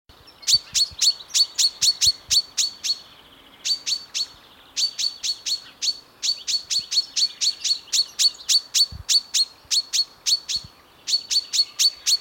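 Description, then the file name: Common chaffinch giving rapid bursts of short, sharp, high chip notes, several per second in runs separated by brief pauses, over a faint background hiss. "Fringilla coelebs"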